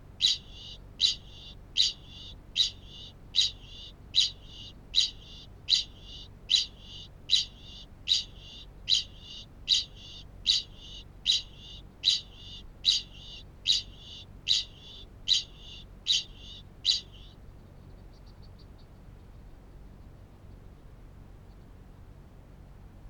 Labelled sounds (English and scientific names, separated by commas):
Kākāpō (Strigops habroptilus) ching call